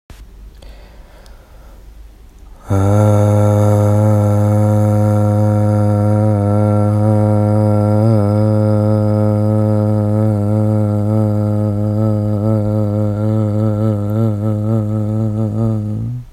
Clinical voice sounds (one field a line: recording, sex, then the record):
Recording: sustained vowel /a/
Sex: female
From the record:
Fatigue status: no fatigue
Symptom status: symptomatic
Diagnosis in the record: COVID-19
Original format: m4a